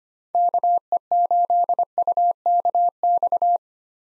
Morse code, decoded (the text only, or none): KE8UKX